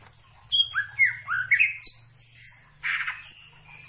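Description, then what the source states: Greater green leafbird giving quick upslurred whistles and thin high notes, then a harsh buzzy note, over a low steady hum. Described as gacor, singing actively.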